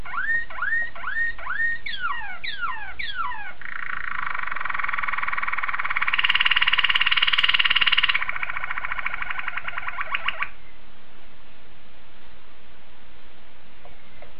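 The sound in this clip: Canary sings repeated curved whistled notes, then a long rapid buzzing roll that peaks in loudness and ends in a few notes before near quiet.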